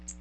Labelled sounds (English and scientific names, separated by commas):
Magnolia Warbler (Setophaga magnolia) flight call